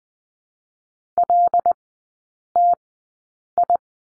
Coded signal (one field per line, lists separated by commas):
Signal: Morse code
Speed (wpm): 20 wpm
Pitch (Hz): 700 Hz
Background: none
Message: LTI